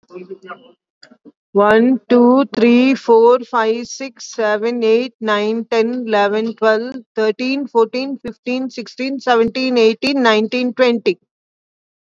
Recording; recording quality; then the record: counting at a fast pace; excellent, no background noise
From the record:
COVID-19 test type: RT-PCR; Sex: female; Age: 61 years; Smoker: no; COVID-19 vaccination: both doses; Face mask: worn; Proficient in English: yes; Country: India